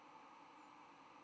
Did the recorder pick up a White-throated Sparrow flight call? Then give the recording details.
no. Another species' flight call is heard. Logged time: 08:27 on 10 November 2014